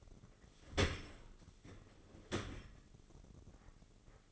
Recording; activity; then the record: daily activity, microphone in the room; open dishwasher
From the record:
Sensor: 4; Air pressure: 996.6 hPa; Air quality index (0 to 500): 87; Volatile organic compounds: 4 ppm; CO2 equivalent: 1687 ppm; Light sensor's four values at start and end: 20/53/21/23 and 20/54/21/23